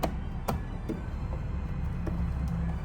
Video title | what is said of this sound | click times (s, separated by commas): Carbon Fiber Ram Air for Seadoo 300 325 RXPX by Wet Jet Performance | that's it you're good to go everything's locked in you should hear just a little click | 0.5 s